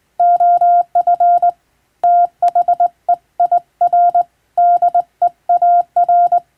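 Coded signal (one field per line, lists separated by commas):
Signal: Morse code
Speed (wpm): 21 wpm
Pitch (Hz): 700 Hz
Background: none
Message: OF THEIR DEAR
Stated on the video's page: Hand-keyed Morse practice from a marine radiotelegraph operator, sending telegram texts as receiving training.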